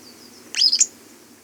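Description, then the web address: Tufted tit-tyrant giving a single brief, very high, twittering burst of sharp notes, with quiet background hiss. Recorded in Ecuador, South America. "Birds of Ecuador 2. Tufted Tit-Tyrant"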